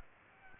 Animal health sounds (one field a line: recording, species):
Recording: mosquito wingbeat signal from an infrared sensor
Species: Aedes aegypti